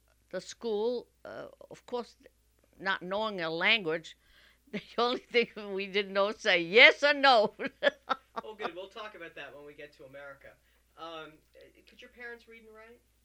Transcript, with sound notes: the school, of course, not knowing the language, the only thing we know to say yes or no. ( she laughs )
Okay. We'll talk about that when we get to America. Uh, could your parents read and write?